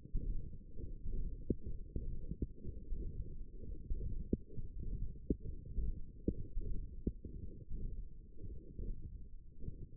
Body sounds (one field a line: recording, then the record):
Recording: forearm muscle sounds (acoustic myography)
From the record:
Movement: hand closing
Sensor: system 1, eight BSWA MPA416 microphones around the upper forearm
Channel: 7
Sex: male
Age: 23 years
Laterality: right